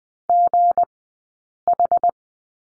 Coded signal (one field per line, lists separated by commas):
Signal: Morse code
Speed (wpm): 20 wpm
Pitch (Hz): 700 Hz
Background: none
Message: GH